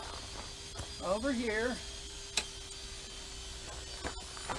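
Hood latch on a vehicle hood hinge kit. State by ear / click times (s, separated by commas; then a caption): seated / 2.4 s. Someone talks briefly, then a hand pushes down on the top black part of a hood latch on a vehicle hood hinge kit, simulating the hood closing. The latch snaps over with a sharp click at 2.4 s, and it is seated. A softer knock follows near 4.1 s over a steady low hum.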